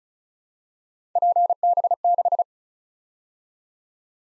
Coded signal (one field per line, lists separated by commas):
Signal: Morse code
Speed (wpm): 36 wpm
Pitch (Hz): 700 Hz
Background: none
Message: PB6